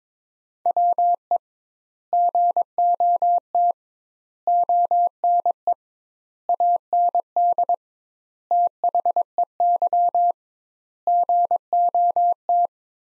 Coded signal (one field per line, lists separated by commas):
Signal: Morse code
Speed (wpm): 22 wpm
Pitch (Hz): 700 Hz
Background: none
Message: WE GOT ONE AND THEY GOT